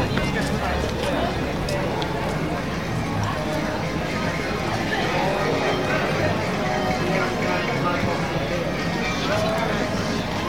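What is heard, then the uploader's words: Busy outdoor Christmas market crowd with a steady, dense babble of overlapping voices, occasional footsteps and clatter, and a few brighter clinks. Plymouth Christmas Market.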